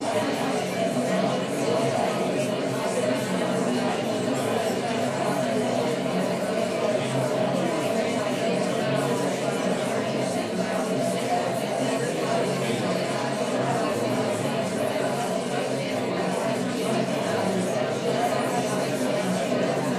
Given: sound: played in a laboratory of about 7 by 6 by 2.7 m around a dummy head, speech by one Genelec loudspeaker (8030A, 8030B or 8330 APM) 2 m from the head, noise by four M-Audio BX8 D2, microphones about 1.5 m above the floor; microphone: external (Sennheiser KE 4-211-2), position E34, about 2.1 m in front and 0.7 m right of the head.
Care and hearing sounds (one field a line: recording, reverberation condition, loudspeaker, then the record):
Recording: babble noise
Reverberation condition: medium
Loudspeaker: four, about 170 cm from the corners of the room and facing them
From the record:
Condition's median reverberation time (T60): about 510 ms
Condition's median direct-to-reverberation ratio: about -0.5 dB